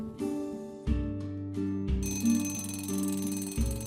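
An end-of-day bell rings in the afternoon, at nearly 5 o'clock, in repeated bursts, a bright, sustained metallic clang with steady harmonic tones that restart about every second, ringing continuously with no voices.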